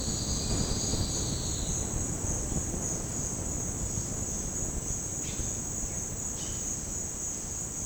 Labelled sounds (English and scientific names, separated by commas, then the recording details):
Straight-billed Woodcreeper (Dendroplex picus), Yellow-rumped Cacique (Cacicus cela)
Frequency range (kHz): Straight-billed Woodcreeper (Dendroplex picus) 3.3-5.2 kHz; Yellow-rumped Cacique (Cacicus cela) 2.1-6.1 kHz
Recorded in dense forest near Puerto Asís, Putumayo, Colombia, on 20 February 2024 at 07:30
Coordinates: 0.486, -76.316
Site G6437